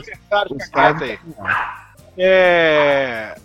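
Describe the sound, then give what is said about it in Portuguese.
Someone talks briefly, then a dog lets out a single drawn-out, loud vocal cry, a sustained whining howl lasting over a second and sliding slightly downward in pitch; the dog's sound is leaking through a participant's audio during a football discussion. “Então, tá vazando ainda a porcaria do cachorro, não é possível.”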